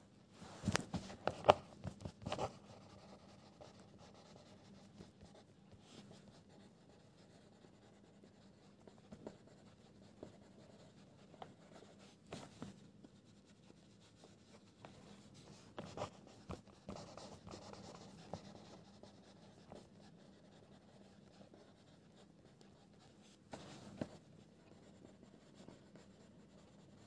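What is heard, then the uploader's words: Pencil scribbling plays against a steady low hum. Short scratchy strokes come in clusters, busiest in the first three seconds and again around 12, 16–18 and 24 seconds, with quieter scratching in between. A faint rustle, possibly a page turning, sits under the writing. (NO MUSIC) Pencil ASMR, quiet space, page flipping, scribbles etc.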